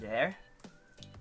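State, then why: Seated. A bronze cap is pushed onto a Versace Eros Flame (2018) fragrance bottle, over the bronze sprayer on the bottle neck, while someone talks. A faint contact is heard near 0.6 s, then a sharp click at 1.0 s as the cap locks into place.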